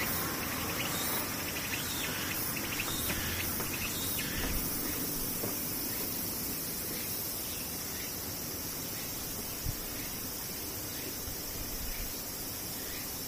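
Cicadas drone in a steady, dense, high-pitched wall of sound that holds without pause for the whole clip. Faint flutters and short chirps mix in during the first few seconds, a low rumble runs underneath, and a single soft knock lands near the ten-second mark.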